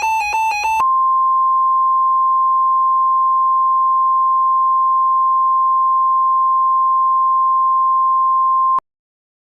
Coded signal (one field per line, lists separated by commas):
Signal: Emergency Alert System (SAME) tones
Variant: 1050 Hz attention tone